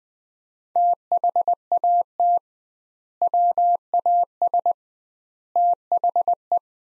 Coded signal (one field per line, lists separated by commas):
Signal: Morse code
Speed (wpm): 20 wpm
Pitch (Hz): 700 Hz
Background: none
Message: THAT WAS THE